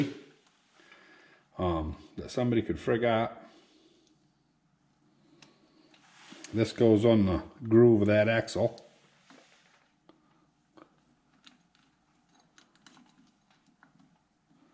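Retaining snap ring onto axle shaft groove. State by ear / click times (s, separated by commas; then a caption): not seated / none. During a hub install on a 1974 CJ-5, a steel retaining snap ring is lined up on the groove of the axle shaft before being pushed home. Someone talks, and light metallic handling taps follow from about 10.8 to 13.8 seconds. The ring has not snapped into place yet.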